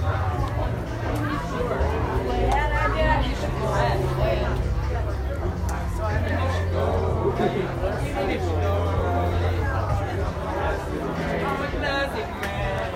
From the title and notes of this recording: 10 Minutes of a Silent Disco. At about 1 a.m. Recorded with an iPhone 7 at in a tent of about 300 people. 3 DJs.